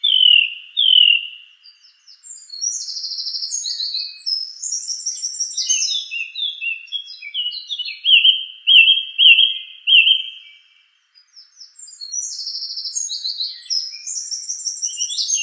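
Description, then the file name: Song thrush song with varied high phrases, a clear note repeated four times in the middle, then more high twittering. "suara-kicauan-burung-song-thrush 7-omkicau"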